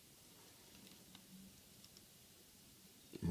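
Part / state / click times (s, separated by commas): locomotive truck into model locomotive chassis / not seated / none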